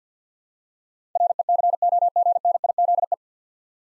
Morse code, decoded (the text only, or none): RECOGNIZE